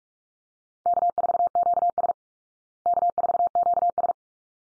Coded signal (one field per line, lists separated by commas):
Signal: Morse code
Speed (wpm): 44 wpm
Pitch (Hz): 700 Hz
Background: none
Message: K4QS K4QS